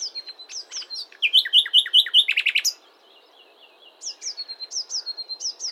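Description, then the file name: Common nightingale song: high sliding notes, a rapid run of bright repeated notes and a harsh burst, a short pause, then more high sliding notes. "Luscinia megarhynchos"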